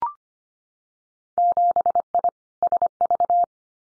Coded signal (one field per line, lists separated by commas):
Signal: Morse code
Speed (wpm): 25 wpm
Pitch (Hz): 700 Hz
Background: none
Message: 7I SV